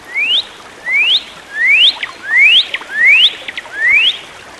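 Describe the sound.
Bird song: six clear upward-slurred whistles, a little under a second apart, some followed by faint short notes.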